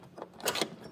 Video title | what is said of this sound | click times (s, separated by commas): HALCO PROLED Vapor Tight Strip Light Fixture Model LVPT-2-FS-U 20890 | snap into place do all eight of them | 0.5 s, 0.6 s